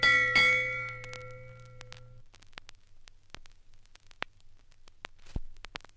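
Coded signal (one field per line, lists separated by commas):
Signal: ship's bell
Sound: one ringing bell strike fading over two seconds, then faint crackle and clicks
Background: 78 rpm record crackle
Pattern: 1 strike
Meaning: One bell marks the first half hour of a watch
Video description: 1. Ship's Bell - 1 to 8 Bells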